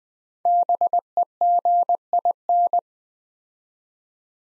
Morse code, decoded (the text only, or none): BEGIN